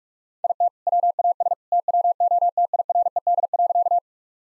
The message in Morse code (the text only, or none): IT WAS TWO TIRED.